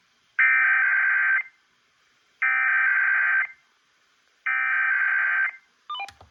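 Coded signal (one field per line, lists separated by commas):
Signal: Emergency Alert System (SAME) tones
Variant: header bursts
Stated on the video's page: Weekend Required Weekly Tests of the Emergency Alert System.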